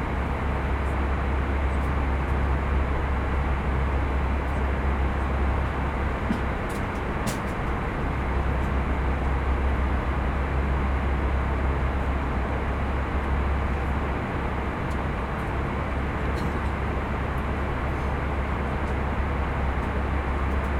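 Airplane cabin noise, a steady dense roar that holds level for the whole stretch. A strong low hum sits underneath, with a brighter hiss above, and a few faint brief clicks or ticks appear around seven and sixteen seconds.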